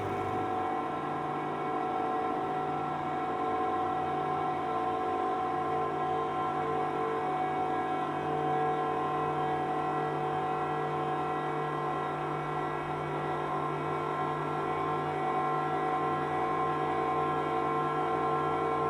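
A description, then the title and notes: Sound art performed inside an old concrete World War II munitions magazine: a thick, unbroken drone of many stacked, steady tones, with a low rumbling hum underneath and a hazy upper layer. Volume stays level throughout, with no distinct events or pauses. Sound art being performed inside one of Mare’s old concrete munitions storage magazines leftover from World War II.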